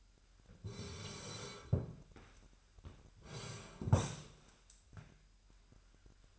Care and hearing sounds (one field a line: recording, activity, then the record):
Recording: daily activity, microphone in the room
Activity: sit down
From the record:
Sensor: 2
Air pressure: 998.5 hPa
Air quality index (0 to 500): 126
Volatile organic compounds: 3 ppm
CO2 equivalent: 1426 ppm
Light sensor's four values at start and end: 5/12/5/6 and 6/15/6/7